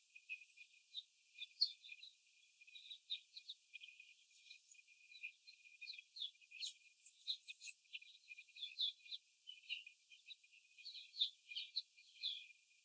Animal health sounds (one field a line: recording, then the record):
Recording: young laying hens in a cage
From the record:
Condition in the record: after the stressor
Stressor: simulated dog barking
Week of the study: 4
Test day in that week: 3